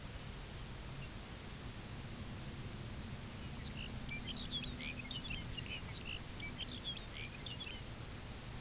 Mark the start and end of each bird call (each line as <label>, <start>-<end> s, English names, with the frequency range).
Lapland Longspur (2.3-3.4 kHz), 0.93-1.14 s
Lapland Longspur (1.2-7.8 kHz), 3.42-7.87 s